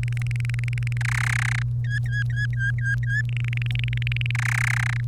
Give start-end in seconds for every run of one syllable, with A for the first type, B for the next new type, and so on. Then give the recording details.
0.03-0.97 A, 1.01-1.62 B, 1.84-3.22 C, 3.29-4.31 A, 4.35-5.01 B. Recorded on 1 May 2018 at 08:25. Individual llb3